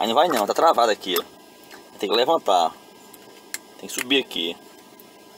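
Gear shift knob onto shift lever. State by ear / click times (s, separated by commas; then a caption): not seated / none. Someone talks while handling the plastic gear shift knob of a Ford Focus against its shift lever, lifting the locking part after earlier attempts did not go on. Short, sharp handling ticks sound at about 3.1, 3.5 and 5.0 seconds between the speech. Nothing has seated or clicked into place on the lever yet.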